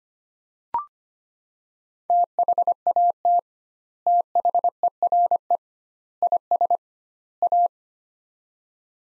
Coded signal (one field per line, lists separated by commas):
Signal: Morse code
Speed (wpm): 25 wpm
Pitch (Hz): 700 Hz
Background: none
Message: THAT THERE IS A